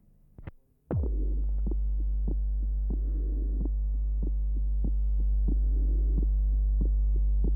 Has an innocent systolic murmur. Note the wide splitting of the second sound, 0.03 to 0.06 seconds. Recording taken at pulmonary area.